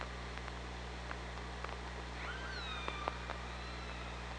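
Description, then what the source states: Killer whale calls: a few rising and bending whistles midway through, scattered sharp clicks, and a steady low electrical hum with hiss. Recorded with the OrcaLab hydrophone on 24 August 2017.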